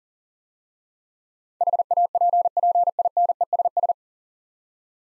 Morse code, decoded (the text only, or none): HAPPINESS